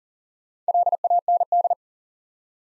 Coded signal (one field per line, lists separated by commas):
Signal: Morse code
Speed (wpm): 37 wpm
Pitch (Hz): 700 Hz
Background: none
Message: LAND